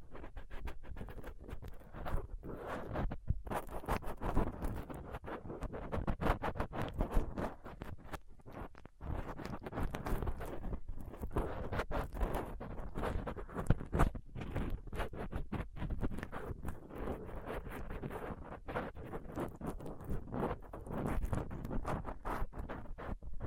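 A rough microphone being picked and scraped with a dental pick, tweezers and a cotton swab. Dense, uneven scratching and ticking runs throughout with short gaps, mostly low and rumbly with brighter clicks, and occasional sharper jabs around 3, 9 and 14 seconds.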